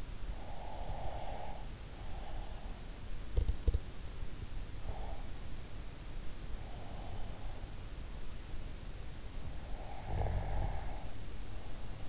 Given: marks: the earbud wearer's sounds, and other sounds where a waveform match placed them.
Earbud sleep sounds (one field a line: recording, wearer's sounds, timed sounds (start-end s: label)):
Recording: sounds in sleep by an in-ear microphone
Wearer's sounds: breath, teeth grinding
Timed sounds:
0.00-3.04 s: breath
3.04-4.25 s: teeth grinding
4.25-7.93 s: breath
9.61-12.09 s: breath